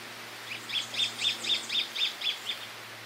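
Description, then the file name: Red-eyed thornbird song: a steady series of about eight sharp, high chip notes, roughly four per second, evenly spaced over a faint background hiss. "Canto do joao botina da mata"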